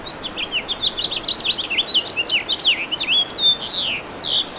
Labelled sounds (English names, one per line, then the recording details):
House Finch song
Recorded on Long Island, New York, on 2 June 2012
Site CP
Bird B